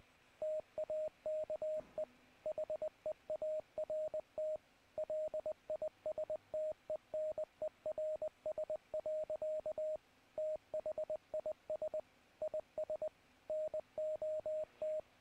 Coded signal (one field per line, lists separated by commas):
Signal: Morse code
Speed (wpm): 19 wpm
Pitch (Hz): 620 Hz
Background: radio noise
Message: TAKE HEART LISTENERS. THIS IS NOT